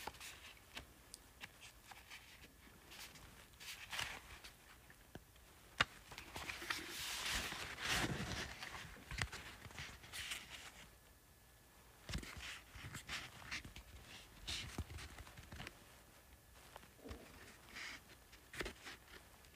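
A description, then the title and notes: Irregular tapping and scratching on a paperback book, sharp taps scattered throughout, with a denser, brighter burst of scratching around seven to eight seconds. ASMR Tapping and Scratching Paperback Book.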